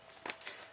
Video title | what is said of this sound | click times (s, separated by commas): 101 Scooter Rack Installation Guide | it locks into place. | 0.3 s